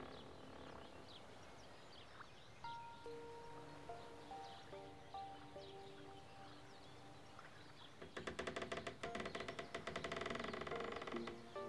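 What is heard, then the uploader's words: Beside a Canadian lake, soft bird chirps and steady whistling tones sound, then a loud rapid rattling starts at eight seconds. Beside a canadian lake.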